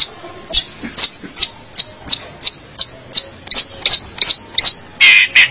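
Long-tailed shrike calling: a steady series of sharp high chirps, ending with a harsher burst.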